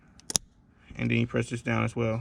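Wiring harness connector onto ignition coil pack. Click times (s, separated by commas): 0.3 s, 0.4 s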